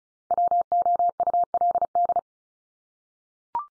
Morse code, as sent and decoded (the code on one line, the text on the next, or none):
.-- --- ..- .-.. -..
WOULD